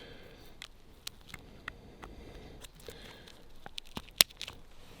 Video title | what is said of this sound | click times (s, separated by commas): How to Get Clean Water in the Wilderness | and he clicks right into place | 4.2 s